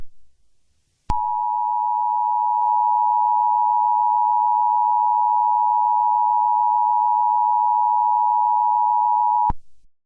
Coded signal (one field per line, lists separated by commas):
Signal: Emergency Alert System (SAME) tones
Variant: 853 and 960 Hz attention tone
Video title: EAS Scenario #5 - Time Goes Forwards (ALT ENDING)